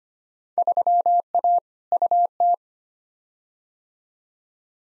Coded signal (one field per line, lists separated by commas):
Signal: Morse code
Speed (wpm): 25 wpm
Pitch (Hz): 700 Hz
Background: none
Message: 3A UT